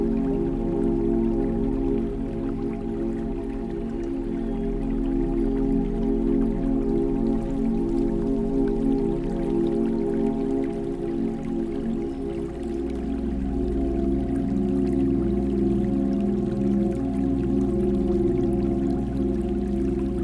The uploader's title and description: flowing relaxing river sounds and harmonious 432Hz tunes. The melodic flow of waters intertwines with harmonious 432Hz tunes